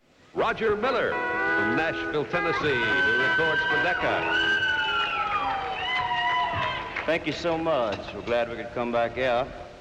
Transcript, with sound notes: Roger Miller from Nashville, Tenn. He records for Decca.
(CHEERING)
Thank you so much. Glad we could come back out.